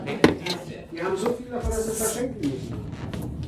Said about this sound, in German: Können Sie etwas lauter sprechen? Ja. Warten Sie, ich mache nur die Tür zu.